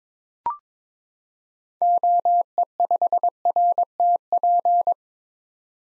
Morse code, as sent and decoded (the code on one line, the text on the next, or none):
--- . ..... .-. - .--.
OE5RTP